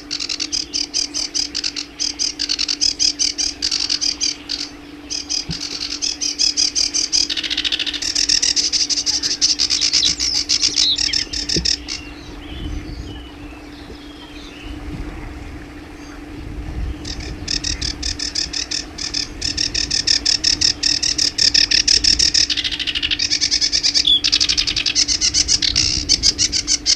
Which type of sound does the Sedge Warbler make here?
song